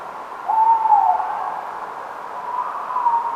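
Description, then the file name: Tawny owl hooting: a drawn-out, slightly falling hooted note, then a fainter level note about two seconds later, over steady hiss. Several tawny owls, Somerset, 28 August 2017, at night. "tawny owls somerset 170828"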